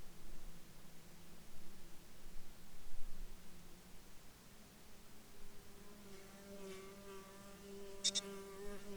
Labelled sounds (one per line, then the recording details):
bird
insects
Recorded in Ivvavik National Park, Yukon, on 1 July 2019 at 11:14
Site SINP09